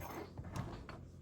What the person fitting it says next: that was one click